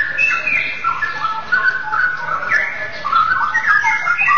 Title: Kicau Kacer